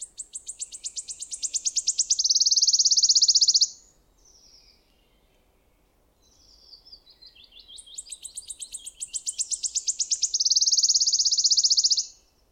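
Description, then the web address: Wood warbler singing twice: each phrase accelerates from separate sharp ticks into a loud, sizzling high trill, with soft thin notes in the pause between. "geluiden fluiter zang"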